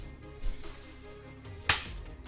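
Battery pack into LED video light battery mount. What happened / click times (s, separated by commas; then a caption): The battery pack clicked home in its mount / 1.7 s. A battery pack is pressed into the battery mount of an LED video light. After some low handling noise, a single sharp click sounds at 1.7 s as the pack seats, followed by a brief decay and two faint ticks. The battery is in and the light powers on.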